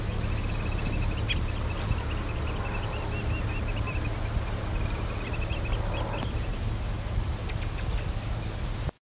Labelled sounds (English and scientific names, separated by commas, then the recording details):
Redwing (Turdus iliacus) call
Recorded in the wild
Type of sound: call
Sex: diverse
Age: adult
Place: Norderney, Niedersachsen, DE
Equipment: Halbspur, 9,5 cm/s
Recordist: Lütgens, Hans
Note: Vogelzug